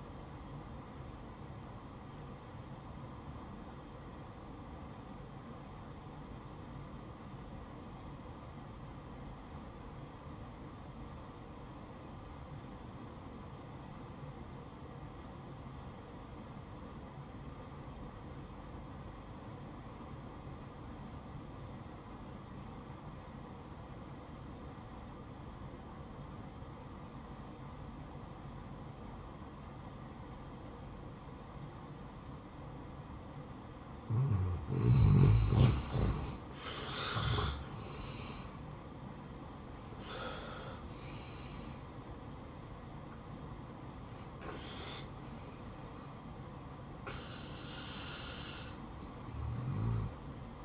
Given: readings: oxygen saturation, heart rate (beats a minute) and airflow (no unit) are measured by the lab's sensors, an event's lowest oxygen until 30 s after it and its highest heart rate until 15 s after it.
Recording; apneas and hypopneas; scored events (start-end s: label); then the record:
breathing in sleep by a smartphone at the bedside; 1
5.00-36.60 s: obstructive apnea (N1, oxygen 95% highest, then 85% lowest, heart rate 64 at the start, 80 highest)
8.00-38.00 s: new sleep stage, N2 (light sleep)
38.00-50.65 s: new sleep stage, N1 (lightest sleep)
From the record:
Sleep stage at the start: N1 (lightest sleep); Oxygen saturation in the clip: 84 to 95%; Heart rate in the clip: 58 to 80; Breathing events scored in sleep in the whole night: 573 in 9.8 hours asleep